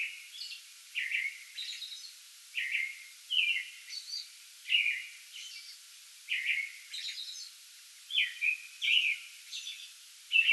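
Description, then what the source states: American robin caroling: slurred whistled phrases given one after another, mixed with higher hisselly notes, over faint steady background noise. Pre-dawn song bout recorded 8 May 2022.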